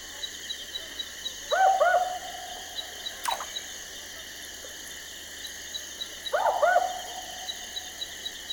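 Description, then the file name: Barking owl repeating its two-note 'wook-wook' bark twice, roughly five seconds apart, with a sharp click between and faint regular ticking in the background. "Barking Owl Ninox connivens"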